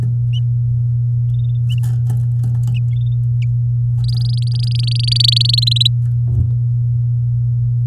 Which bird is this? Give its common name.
Domestic Canary